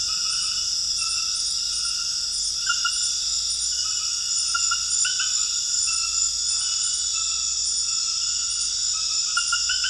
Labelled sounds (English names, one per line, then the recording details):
none
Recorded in dense forest near Puerto Asís, Putumayo, Colombia, on 4 March 2025 at 21:30
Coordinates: 0.484, -76.325
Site G045